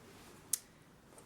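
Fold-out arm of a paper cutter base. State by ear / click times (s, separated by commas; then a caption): seated / 0.5 s. The fold-out measuring arm on the base of a Crelando (Lidl) paper cutter is swung open until it locks into its extended position, stiff at first but easier after a few openings. A single sharp, bright click at 0.5 s marks the arm seating and locking in place, followed by a much fainter tick at 1.2 s over a quiet background.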